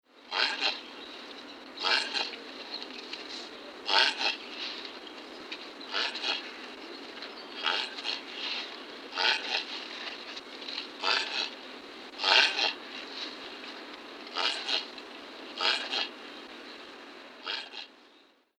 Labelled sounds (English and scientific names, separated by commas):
African Spurred Tortoise (Centrochelys sulcata)